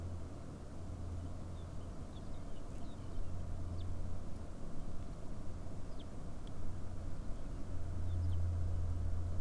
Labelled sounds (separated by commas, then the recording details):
songbird
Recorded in the Arctic National Wildlife Refuge, Alaska, on 21 May 2019 at 12:19
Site 38